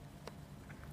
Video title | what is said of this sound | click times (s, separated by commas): How to load the Saito B20 Handlabeller | the top compartment and you will hear a click to indicate it has been shut. | 0.3 s